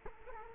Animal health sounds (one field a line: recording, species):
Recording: mosquito wingbeat signal from an infrared sensor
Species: Culex quinquefasciatus